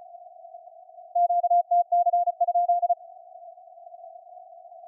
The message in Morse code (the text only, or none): QTC?